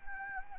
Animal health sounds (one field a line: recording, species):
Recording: mosquito wingbeat signal from an infrared sensor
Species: Anopheles arabiensis